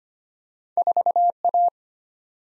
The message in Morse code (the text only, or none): 4A